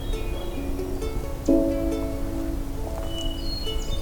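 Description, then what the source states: Canada goose: a few low, drawn-out calls, the loudest beginning at about one and a half seconds, over steady background noise. Heard during a May morning hike.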